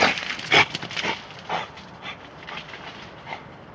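European badger giving breathy, huffing snorts, several quick ones in the first second and then sparser puffs about every half second, fading toward the end.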